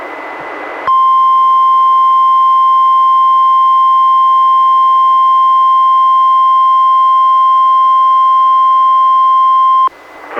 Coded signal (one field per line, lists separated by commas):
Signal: Emergency Alert System (SAME) tones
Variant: 1050 Hz attention tone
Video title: EAS #561: NWR Required Weekly Test- Oct. 20, 2021- 11:04AM PDT